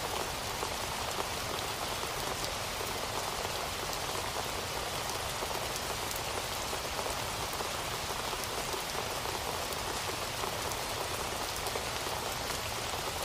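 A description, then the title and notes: Steady rainforest rain falls without pause, a dense hiss of countless drops striking leaves and surfaces close by. The sound stays even in loudness throughout, bright and full, with fine pattering textures and a soft low rumble underneath. Rainforest Rain Sounds.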